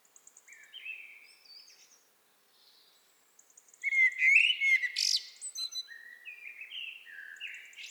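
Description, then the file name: Common blackbird song: mellow fluted phrases sliding between middle pitches, then a loud burst of squeaky, scratchy twittering around midway, followed by more whistled phrases. "Turdus merula"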